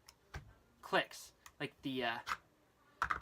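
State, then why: Seated. A pistol magazine is pushed into the magazine pouch of an older Trex Arms Sidecar Kydex holster, where a molded wedge or bump in the Kydex gives a positive click as it seats, unlike the newer smooth-sliding version. Sharp clicks are heard at about 0.1 s and 0.4 s, and the magazine seats. Someone talks through the rest of the clip.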